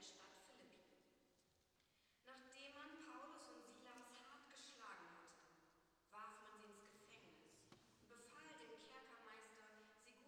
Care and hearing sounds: everyday scene through a hearing-aid microphone; reverberant space; speech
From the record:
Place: church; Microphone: in the ear canal, left

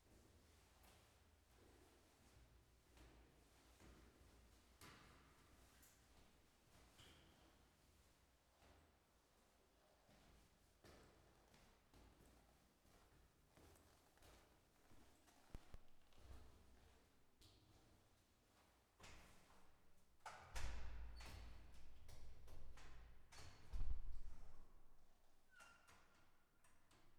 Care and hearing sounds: everyday scene through a hearing-aid microphone; reverberant space; background noise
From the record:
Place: staircase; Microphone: behind the ear, left, front

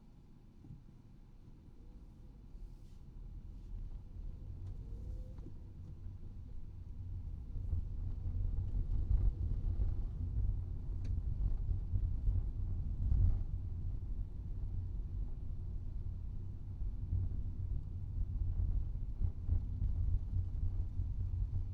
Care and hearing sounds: everyday scene through a hearing-aid microphone; in a vehicle; engine, rumble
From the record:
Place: Skoda Fabia, gasoline engine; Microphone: in the ear canal, right

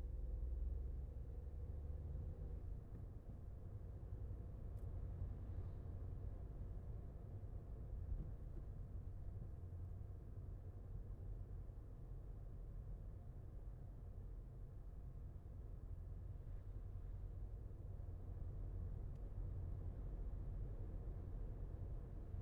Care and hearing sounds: everyday scene through a hearing-aid microphone; in a vehicle; engine, highway driving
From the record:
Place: Skoda Fabia, gasoline engine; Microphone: behind the ear, left, front

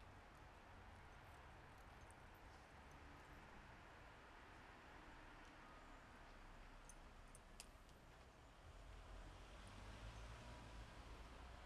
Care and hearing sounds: everyday scene through a hearing-aid microphone; in traffic; traffic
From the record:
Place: bus stop on a city main road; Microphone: behind the ear, left, rear

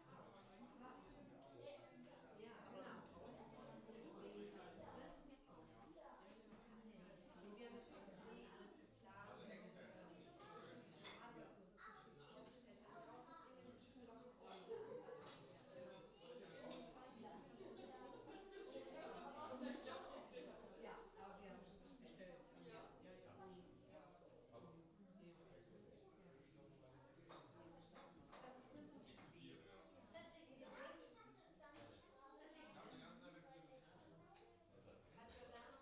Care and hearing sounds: everyday scene through a hearing-aid microphone; many people talking; many voices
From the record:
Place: parish hall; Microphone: in the ear canal, left

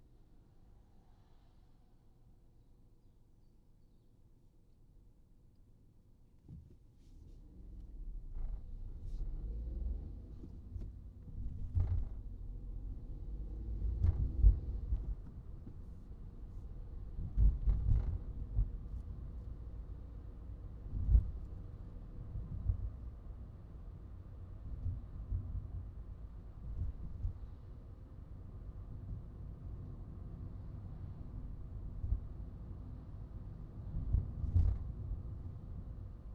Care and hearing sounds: everyday scene through a hearing-aid microphone; in a vehicle; engine, highway traffic jam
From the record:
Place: Skoda Fabia, gasoline engine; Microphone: in the ear canal, right

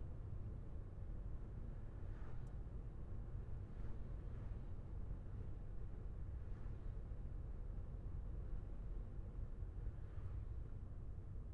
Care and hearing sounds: everyday scene through a hearing-aid microphone; in a vehicle; engine, traffic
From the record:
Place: Skoda Fabia, gasoline engine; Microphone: behind the ear, left, rear

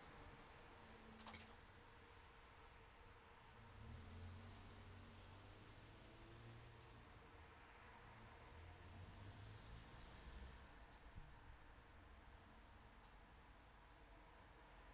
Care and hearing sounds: everyday scene through a hearing-aid microphone; in traffic; traffic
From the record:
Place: city secondary road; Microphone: in the ear canal, right

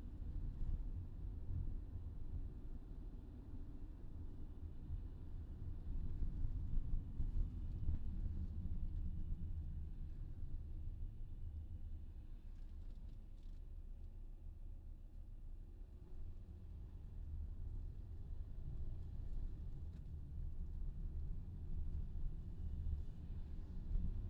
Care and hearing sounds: everyday scene through a hearing-aid microphone; in a vehicle; engine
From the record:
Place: VW T5 Caravelle, diesel engine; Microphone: in the ear canal, left

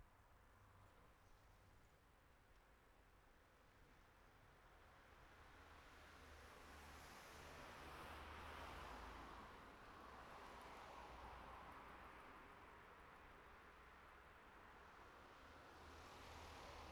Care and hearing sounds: everyday scene through a hearing-aid microphone; in traffic; traffic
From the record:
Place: city secondary road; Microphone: behind the ear, right, rear

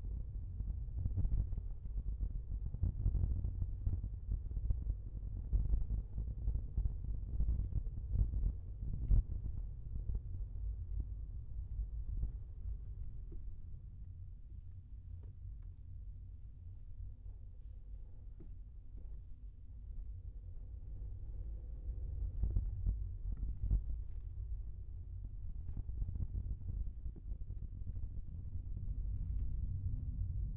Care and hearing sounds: everyday scene through a hearing-aid microphone; in a vehicle; engine, rumble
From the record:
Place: Skoda Fabia, gasoline engine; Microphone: behind the ear, left, front

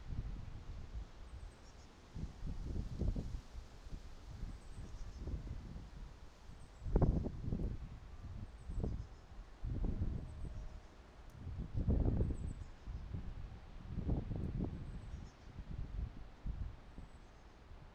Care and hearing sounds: everyday scene through a hearing-aid microphone; wind on the microphone; squally wind, voices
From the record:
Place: parking lot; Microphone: in the ear canal, right

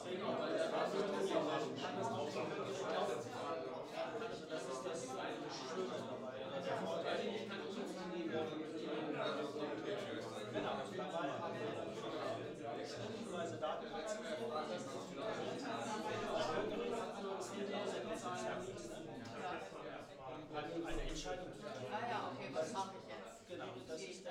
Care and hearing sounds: everyday scene through a hearing-aid microphone; many people talking; many voices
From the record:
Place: bistro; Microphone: in the ear canal, left

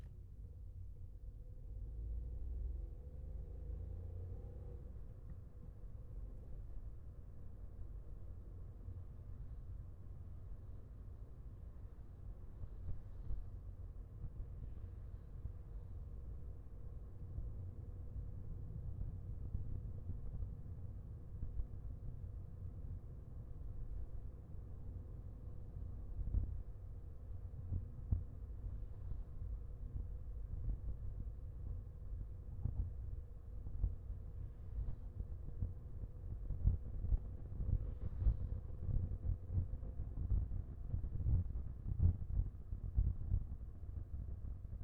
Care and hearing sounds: everyday scene through a hearing-aid microphone; in a vehicle; engine, highway driving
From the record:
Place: Skoda Fabia, gasoline engine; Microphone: behind the ear, left, rear

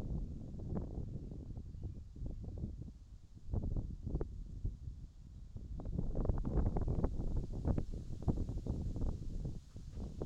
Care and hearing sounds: everyday scene through a hearing-aid microphone; wind on the microphone; wind, birds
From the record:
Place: in front of a rural house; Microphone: in the ear canal, left

